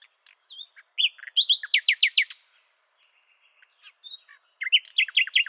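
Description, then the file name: Common nightingale song: two phrases of swelling, rapidly repeated notes with a few faint notes between them. "Luscinia megarhynchos"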